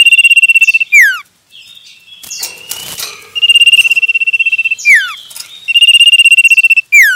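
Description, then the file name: Common iora singing: long rapid trills held on one high pitch, each closing with a sharp downward-sliding whistle, repeated three times. Male. "suara burung cipoh jantan"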